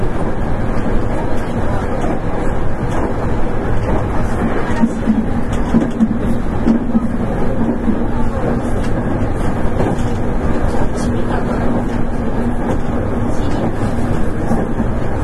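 Running sound of a Nankai 8300 series train on an airport express, a steady low rumble and roar that holds level for the whole stretch. A faint tonal hum sits in the middle, briefly stronger around five to eight seconds, with muffled voices underneath.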